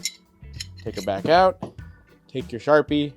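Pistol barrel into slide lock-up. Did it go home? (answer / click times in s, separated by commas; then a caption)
no / none. A custom-fit threaded steel barrel, not yet fitted, is pushed into the slide of a CZ 75 SP-01 9mm pistol, giving short metallic contacts near 0.1 s and 0.6 s while someone talks. The barrel's beefed-up rear contact points have too much metal, so it stops short and the barrel has not locked into battery or clicked into place. It is then taken back out to be marked with a Sharpie.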